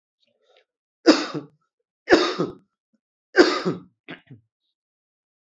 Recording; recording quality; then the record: heavy voluntary cough; excellent, no background noise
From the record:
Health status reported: exposed to COVID-19, no respiratory illness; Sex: male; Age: 25 years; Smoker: no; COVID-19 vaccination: both doses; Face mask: worn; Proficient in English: yes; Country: India